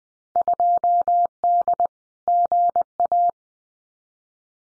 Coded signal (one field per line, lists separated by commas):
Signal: Morse code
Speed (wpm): 20 wpm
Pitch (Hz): 700 Hz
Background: none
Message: 2D GA